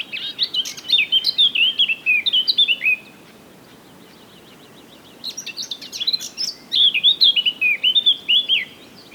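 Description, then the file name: Eurasian blackcap singing two long warbled phrases of clear, fluting and twittering notes, separated by a pause of about two seconds. "Sylvia atricapilla"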